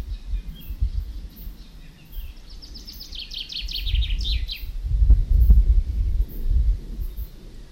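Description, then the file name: Common chaffinch song: one rapid trill of bright notes stepping down in pitch, closing with a quick flourish, over low rumbling noise. "Fringilla coelebs"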